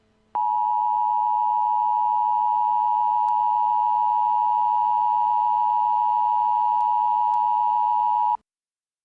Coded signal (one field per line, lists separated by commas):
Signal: Emergency Alert System (SAME) tones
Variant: 853 and 960 Hz attention tone